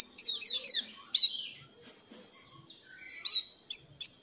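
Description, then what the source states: Thrush giving a few high chipping notes, then a quiet stretch before more sharp high notes near the end. Bird-keeping masteran recording for training pet songbirds; song style described as 'gacor teler'.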